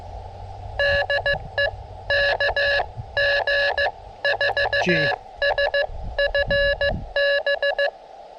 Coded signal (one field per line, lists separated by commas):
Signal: Morse code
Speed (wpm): 15 wpm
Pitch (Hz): 1700 Hz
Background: speech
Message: DE KG4SFB